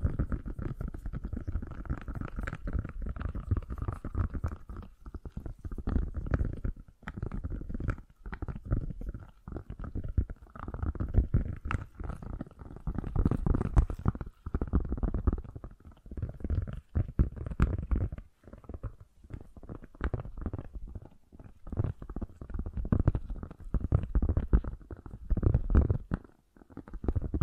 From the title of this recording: Fast & Gentle Tapping